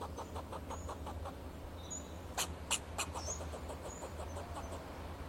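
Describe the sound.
Fox squirrel: three loud, harsh chucks in quick succession midway, over a steady train of faint clicks, faint bird twitters and a low hum.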